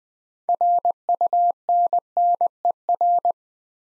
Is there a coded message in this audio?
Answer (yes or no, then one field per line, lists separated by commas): yes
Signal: Morse code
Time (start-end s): 0.5-3.3 s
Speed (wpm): 20 wpm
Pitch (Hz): 700 Hz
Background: none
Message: RUNNER